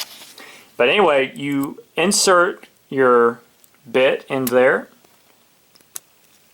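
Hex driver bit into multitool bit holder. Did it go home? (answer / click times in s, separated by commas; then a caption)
yes / 6.0 s. Someone talks while a hex driver bit is pushed into the bit holder of a Leatherman multitool. A sharp click at 5.9 s marks the notch in the holder's spring arm snapping into the hole in the bit, seating it in place.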